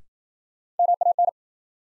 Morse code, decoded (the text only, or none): MAN